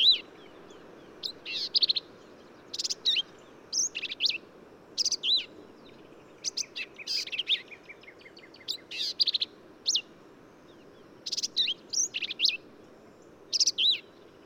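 Black-capped vireo giving many short, varied phrases of sharp squeaks, buzzes and chatter, delivered steadily with brief pauses across the whole stretch.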